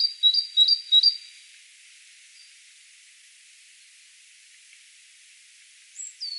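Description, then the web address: Great tit uttering one quick series of several high two-note phrases, followed by near silence and a brief high squeak at the end. "SETE data Parus major"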